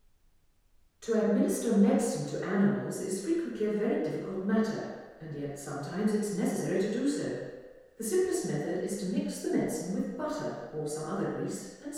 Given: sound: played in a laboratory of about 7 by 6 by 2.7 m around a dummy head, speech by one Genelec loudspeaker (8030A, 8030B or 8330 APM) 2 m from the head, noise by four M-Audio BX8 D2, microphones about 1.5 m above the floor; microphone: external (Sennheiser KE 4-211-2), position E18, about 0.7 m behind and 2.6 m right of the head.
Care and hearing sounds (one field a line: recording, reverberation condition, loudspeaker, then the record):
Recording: female speech in English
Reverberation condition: high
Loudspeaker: 60 degrees to the left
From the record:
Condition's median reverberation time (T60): about 1300 ms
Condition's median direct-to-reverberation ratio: about -4.0 dB